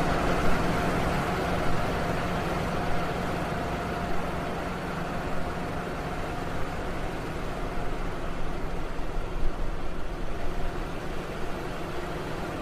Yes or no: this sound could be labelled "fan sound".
yes